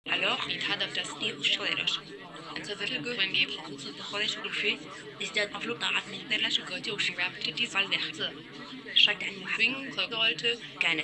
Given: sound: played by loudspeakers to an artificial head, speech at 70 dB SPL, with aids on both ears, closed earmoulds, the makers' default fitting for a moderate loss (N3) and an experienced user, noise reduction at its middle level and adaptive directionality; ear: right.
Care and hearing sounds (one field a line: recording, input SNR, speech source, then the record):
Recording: speech test signal (ISTS) in cocktail-party noise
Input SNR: 0 dB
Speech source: in front (0 degrees)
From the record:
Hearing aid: class 1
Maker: C